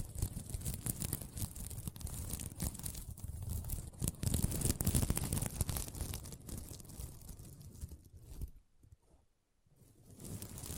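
Sequins on a mermaid pillow are scratched and brushed in a dense, continuous rasp with quick irregular strokes, bright and hissy up high with a rumbling undertone. The scratching is loudest around four to five seconds, then thins out and nearly stops near nine seconds before resuming softly.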